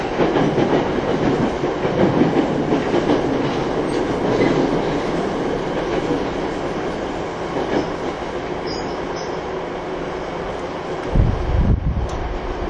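Inside a commuter electric train running along the line, a dense, steady roar of wheels and motors fills the car with low rumble and hiss. Faint rail clicks recur, and a deeper thud swells briefly near the end.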